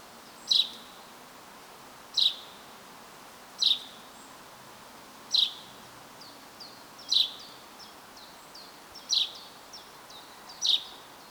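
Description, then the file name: Common chaffinch giving seven short sharp high call notes, each under two seconds apart, over steady background hiss. "Fringilla coelebs"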